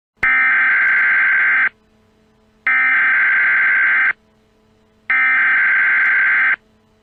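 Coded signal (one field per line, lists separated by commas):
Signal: Emergency Alert System (SAME) tones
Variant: header bursts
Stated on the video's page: Fictional EAS scenario about a chemical plant disaster; not a real alert.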